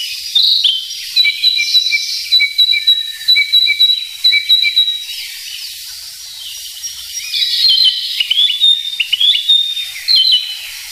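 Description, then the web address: Narcissus flycatcher singing varied whistled phrases, steady high notes over quick lower chirps, then a pause before a burst of swooping, rising and falling whistles. "sikioto. kibitaki"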